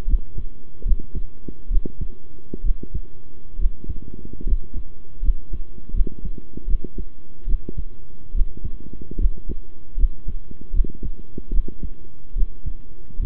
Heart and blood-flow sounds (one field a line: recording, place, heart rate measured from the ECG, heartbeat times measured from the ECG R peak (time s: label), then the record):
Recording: heart sounds by stethoscope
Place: between the tricuspid and mitral areas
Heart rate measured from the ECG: 73 bpm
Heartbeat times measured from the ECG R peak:
0.07 s: heartbeat
0.85 s: heartbeat
1.70 s: heartbeat
2.63 s: heartbeat
3.58 s: heartbeat
4.45 s: heartbeat
5.22 s: heartbeat
5.93 s: heartbeat
6.67 s: heartbeat
7.46 s: heartbeat
8.34 s: heartbeat
9.18 s: heartbeat
9.97 s: heartbeat
10.73 s: heartbeat
11.52 s: heartbeat
12.35 s: heartbeat
13.19 s: heartbeat
From the record:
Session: rest, sitting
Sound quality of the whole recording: good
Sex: male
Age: 23 years